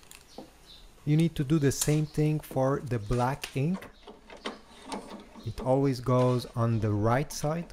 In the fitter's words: so it will click in place